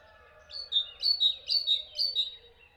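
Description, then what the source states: Bird chirping: four bright two-note chirps, each high note dropping to a slightly lower one, delivered about twice a second. Birds chirping at dawn.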